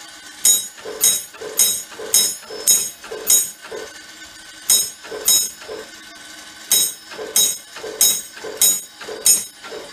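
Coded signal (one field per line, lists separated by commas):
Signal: coded fire alarm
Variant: Gamewell tapper bell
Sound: metallic bell taps in groups of six, two and five, with short pauses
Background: room reverberation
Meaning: Fire alarm from street box number 625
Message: 6-2-5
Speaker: going going also tap out the box [Music] armmer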